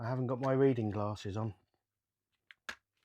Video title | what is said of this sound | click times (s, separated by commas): A real, fully functional radio control Spitfire that an absolute beginner can fly? FOR UNDER £60?! | It just pops into place like that. | 2.7 s